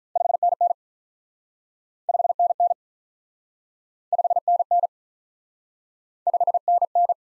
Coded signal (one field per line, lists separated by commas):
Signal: Morse code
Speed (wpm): 47 wpm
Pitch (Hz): 700 Hz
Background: none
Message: 5NN 5NN 5NN 5NN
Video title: Top 20 QSO Elements - Speed-Racing - 35wpm